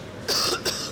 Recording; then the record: coughing mixed with background sound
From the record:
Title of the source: November cold (wet coughing)